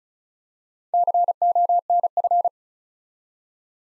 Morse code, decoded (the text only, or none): CONF